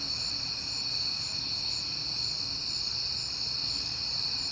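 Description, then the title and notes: Crickets keep up an even, shrill trilling chorus, one voice pulsing in quick bursts above the rest, low noise faintly underneath. Crickets heard often in September; recorded at night on a peaceful night. "Night Time: Crickets and Passing Cars. It is September and I have been hearing the crickets a lot, but finally had a peaceful night to make the recording"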